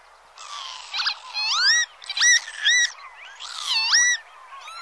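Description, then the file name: Northern lapwing calls, a series of wheezy, slurred notes sweeping up and down. "Vanneau"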